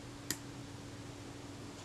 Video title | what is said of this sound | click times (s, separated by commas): Kodak Retina I type 126 service part 03 | field and clicking into place and | 0.3 s